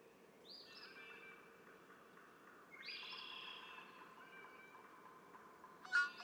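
Red-winged blackbird songs, two buzzy phrases a couple of seconds apart, followed by a short sharp note.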